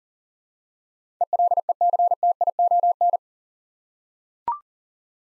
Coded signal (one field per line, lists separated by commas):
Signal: Morse code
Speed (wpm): 40 wpm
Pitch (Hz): 700 Hz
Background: none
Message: ELECTION